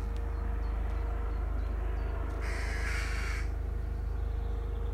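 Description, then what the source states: Western Jackdaw giving a harsh, noisy call burst midway, over the steady low roar and throb of a helicopter. Jackdaws very active at a nest directly overhead in an old rotting ivy-covered tree in a small wood; helicopter overhead; June 2020.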